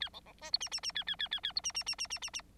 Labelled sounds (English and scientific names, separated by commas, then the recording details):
Bengalese Finch (Lonchura striata domestica) song
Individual Bird9